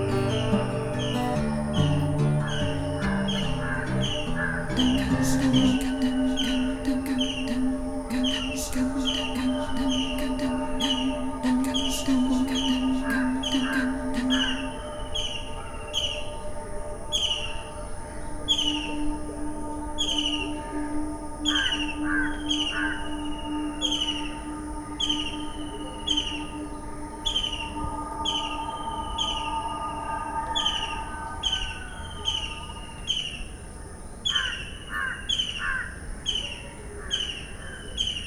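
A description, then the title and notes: Birds call back and forth in a south Indian forest, a quick chirp repeating at a steady rhythm almost throughout. Sharper tapping clicks cluster in the first few seconds, and lower, longer notes drift in and out underneath the chatter. The forest in south India where I wake up to a handful of bird conversations.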